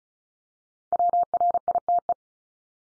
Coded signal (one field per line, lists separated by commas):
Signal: Morse code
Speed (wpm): 34 wpm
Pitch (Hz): 700 Hz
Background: none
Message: WRITE